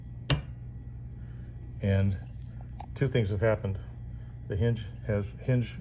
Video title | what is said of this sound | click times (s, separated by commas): Replacing Classic VW Wiper Blades | as we pull this up, we're going to hear a click as it engages. | 0.3 s